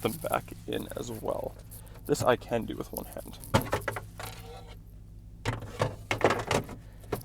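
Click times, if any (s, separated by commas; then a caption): 6.1 s. Someone talks while the removable plastic cup holder insert is fitted back, one-handed, into the center seat console of a 2017 Ford Super Duty F-350 XLT pickup, with soft plastic knocks and handling sounds. It locks into place with a sharp latch click at 6.1 seconds.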